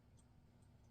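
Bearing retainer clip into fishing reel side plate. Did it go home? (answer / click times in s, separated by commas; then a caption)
no / none. A metal bearing retainer clip is being handled over the bearing in the side plate of a Daiwa Sealine-X Speed Shaft 50 HV fishing reel during a repair. Faint, scattered high ticks sit over a steady low hum, and nothing has seated or clicked yet.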